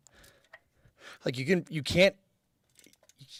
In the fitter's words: you can hear the click on this, but it's not like another torque wrench. It doesn't make a very satisfying ping.